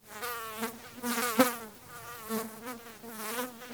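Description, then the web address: Fly buzzing, a droning hum with many harmonics that swells and fades repeatedly as the pitch wavers slightly, with a brief sharp click in the middle. Insect fly buzz, recorded close. "Soulframe Sounds. Insect Fly Buzz Close"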